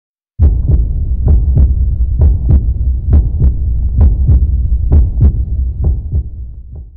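A steady heartbeat at about 67 beats per minute. Each beat is a paired low thump (lub-dub) over a continuous low hum, and the sound fades slightly toward the end.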